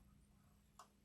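The upper thread is pulled through a sewing machine's tension discs over a steady low hum. A single short, sharp click is heard at 0.8 s as the thread seats in the discs, confirming it has gone around.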